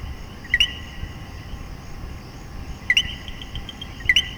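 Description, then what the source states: Coquí giving three rising two-note calls, low then high, irregularly spaced, over steady background noise. Puerto Rico.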